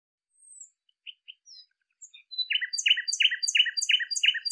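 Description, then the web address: Bird giving scattered soft chirps and thin whistles, then loud paired notes repeated about seven times at an even pace. "cianscape birddata Deverinetal 2025"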